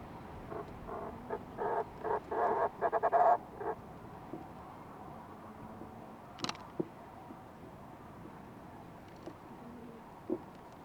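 Fulmar prion call: a burst of pulsed, husky notes lasting a few seconds, then stopping, followed by scattered faint clicks over steady hiss.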